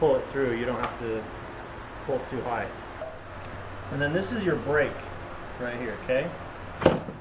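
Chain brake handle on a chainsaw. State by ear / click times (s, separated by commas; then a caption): seated / 6.9 s. Someone talks while a chainsaw's chain brake handle is pushed forward until it engages. A short, sharp click is heard at 6.9 s as the brake locks on.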